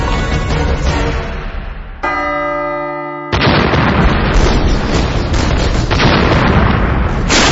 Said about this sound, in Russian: Мы не сможем помешать взрыву!